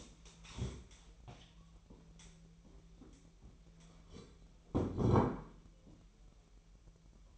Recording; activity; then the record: daily activity, microphone in the room; stand up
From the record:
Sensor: 1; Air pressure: 1001.6 hPa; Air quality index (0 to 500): 248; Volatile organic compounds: 120 ppm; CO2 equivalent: 3876 ppm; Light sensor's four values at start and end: 12/30/12/14 and 15/36/15/17